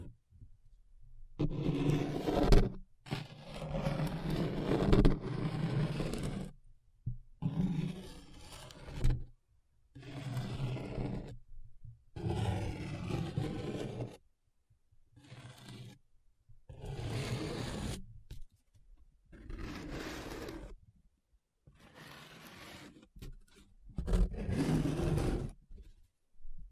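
Paper being rubbed and scratched in uneven bursts of a few seconds each, rough and grainy, separated by short silent pauses.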